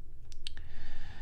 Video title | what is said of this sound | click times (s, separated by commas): Transformers rise of the beasts studio series nightbird | And then what you want to do is you want to make sure this stuff snaps into place. | 0.3 s, 0.5 s